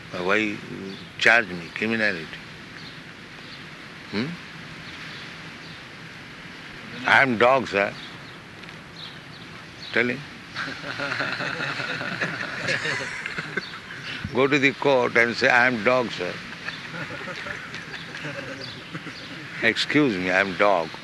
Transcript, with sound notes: "Why you charge me criminality? I am dog, sir." Tell him. [laughter] Go to the court and say, "I am dog, sir. Excuse me, I am dog."